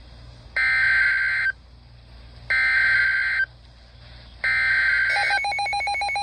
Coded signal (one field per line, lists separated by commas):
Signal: Emergency Alert System (SAME) tones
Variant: header bursts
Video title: A Mid-Summer Dozen || EAS Alerts from 7/21 and 7/23/22 || EAS 331-342